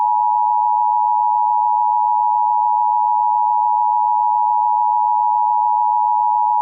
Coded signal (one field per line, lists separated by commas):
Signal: Emergency Alert System (SAME) tones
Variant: 853 and 960 Hz attention tone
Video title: EAS - RETURN OF CRAIG